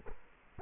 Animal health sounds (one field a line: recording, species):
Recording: mosquito wingbeat signal from an infrared sensor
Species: Culex quinquefasciatus